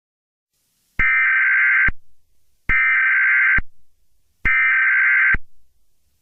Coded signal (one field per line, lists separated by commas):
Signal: Emergency Alert System (SAME) tones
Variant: header bursts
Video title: Eas scenario 6 toxic virus (part 1)